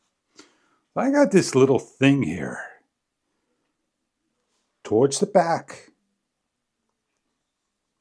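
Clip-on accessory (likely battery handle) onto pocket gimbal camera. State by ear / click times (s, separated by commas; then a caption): not seated / none. A small clip-on accessory is handled and pushed on toward the back of a DJI Pocket 3 pocket gimbal camera while someone talks, with a faint brief tick near 0.4 s. Nothing has seated or clicked yet by the end of the clip.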